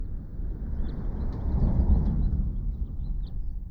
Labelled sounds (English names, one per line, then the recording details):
House Finch song
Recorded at Atlantic Beach West on Long Island, New York, on 2 June 1975
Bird B